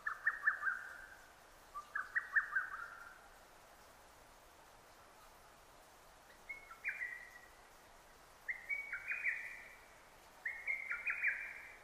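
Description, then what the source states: Lesser cuckoo song: two quick whistled phrases, a pause of about three seconds, then three more rapid tumbling phrases, over faint background hiss. Recorded 6 June 2009.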